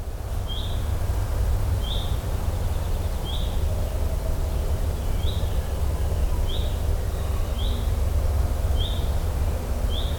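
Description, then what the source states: Bird calls, a single short chirp repeated many times at a fairly steady pace, set against a steady deep rumbling noise. In the Lake District.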